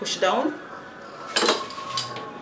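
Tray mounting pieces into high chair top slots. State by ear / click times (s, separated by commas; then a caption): seated / 1.4 s. Tray mounting pieces for an Evenflo 3-in-1 high chair are slid into the slots on top of the chair at a 45-degree angle and pushed down while someone talks. A sharp snap at 1.4 s marks the tray pieces seating in the chair slots, and a fainter hit follows around 2.0 s.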